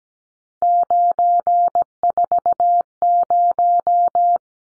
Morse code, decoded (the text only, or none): 940